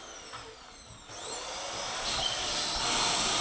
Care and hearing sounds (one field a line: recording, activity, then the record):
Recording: daily activity, microphone in the room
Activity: vacuum cleaning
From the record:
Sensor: 5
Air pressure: 1002.1 hPa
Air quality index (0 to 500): 211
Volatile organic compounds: 21 ppm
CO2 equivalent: 2737 ppm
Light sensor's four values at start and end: 10/23/9/10 and 10/23/9/10